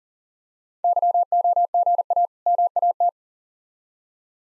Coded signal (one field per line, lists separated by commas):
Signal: Morse code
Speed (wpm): 40 wpm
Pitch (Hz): 700 Hz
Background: none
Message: YOGA MAT